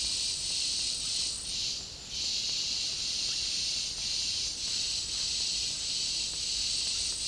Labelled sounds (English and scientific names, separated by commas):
none